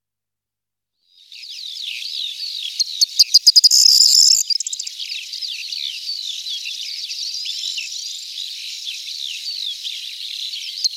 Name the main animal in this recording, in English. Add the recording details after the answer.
Corn Bunting. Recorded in the wild. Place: Nagyivan / Hortobagy Nationalpark, HU. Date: 1990-05-15. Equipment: stereo. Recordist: Schwarz, Dieter